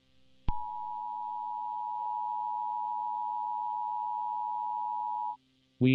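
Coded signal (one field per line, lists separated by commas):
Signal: Emergency Alert System (SAME) tones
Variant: 853 and 960 Hz attention tone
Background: speech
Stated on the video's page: Fictional simulated EAS alert containing valid EAS tones.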